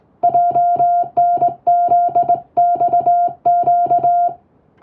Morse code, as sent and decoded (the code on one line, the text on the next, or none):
.--- -. --.. -..- --.-
JNZXQ